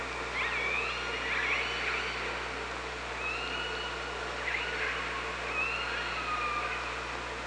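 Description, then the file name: Killer whale calls, a busy run of squealing rising and falling tones, some overlapping, recurring every second or two over constant hydrophone hiss. Hydrophone at OrcaLab, 24 August 2017, around 15:31. "Orca Lab 20170824 153113"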